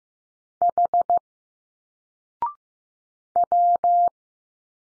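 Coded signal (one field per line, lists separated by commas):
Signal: Morse code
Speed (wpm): 15 wpm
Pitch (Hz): 700 Hz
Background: none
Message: H W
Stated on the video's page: Morse drill of single letters at 15wpm, each sent, spoken after a 0.6-second pause, then sent again.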